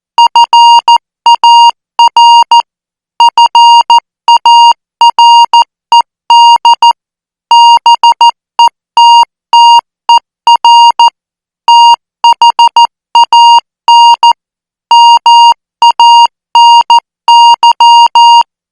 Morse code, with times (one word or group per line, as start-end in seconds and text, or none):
0.2-2.6 FAR
3.2-6.9 FARED
7.5-11.1 BETTER
11.7-14.3 THAN
14.9-18.4 MANY